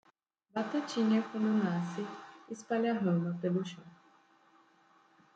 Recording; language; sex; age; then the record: short text; Brazilian Portuguese; female; 20 to 29 years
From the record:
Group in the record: control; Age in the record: 23 years